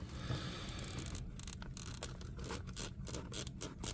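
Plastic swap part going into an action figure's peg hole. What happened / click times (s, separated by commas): The plastic part was forced but never snapped onto the peg / none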